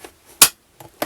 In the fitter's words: it it latches right in in fact this is it and it